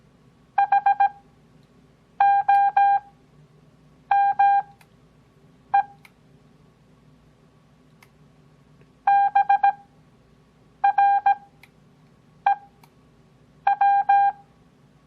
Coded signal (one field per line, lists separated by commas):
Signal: Morse code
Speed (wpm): 17 wpm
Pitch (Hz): 800 Hz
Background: none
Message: HOME BREW